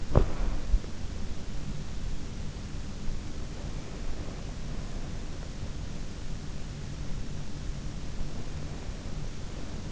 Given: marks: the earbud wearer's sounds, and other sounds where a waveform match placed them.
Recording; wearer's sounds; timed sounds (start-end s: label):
sounds in sleep by an in-ear microphone; body movement
0.00-0.93 s: body movement